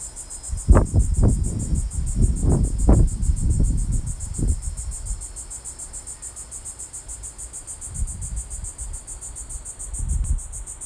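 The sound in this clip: Cicada buzzing song, steady high pulsing drone throughout, with loud low thumps and knocking noises in the first half and again near the end.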